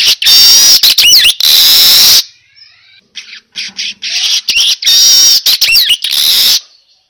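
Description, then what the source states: Weaver song: two loud, harsh buzzy bursts with sliding whistled notes, split by a quieter stretch of scattered chips and twitters. Lure sound (pancingan) of a weaver (manyar) singing persistently (gacor).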